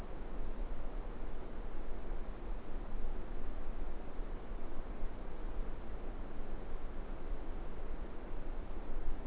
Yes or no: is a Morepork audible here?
no